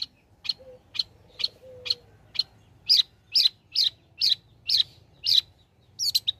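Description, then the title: Long-tailed shrike song of sharp, high chips repeated steadily about every half second, ending in a brief varied flourish. Cendet singing prolifically (gacor), offered as tutoring audio (masteran) for training other songbirds. "Cendet Gacor Cocok Untuk Masteran"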